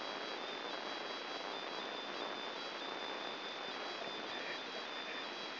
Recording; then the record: brain microelectrode recording played as sound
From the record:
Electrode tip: inside the subthalamic nucleus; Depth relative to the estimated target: 0 mm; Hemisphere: left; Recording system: AlphaMap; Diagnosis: Parkinson's disease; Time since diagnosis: 11 years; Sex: male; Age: 50 years